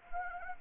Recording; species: mosquito wingbeat signal from an infrared sensor; Anopheles gambiae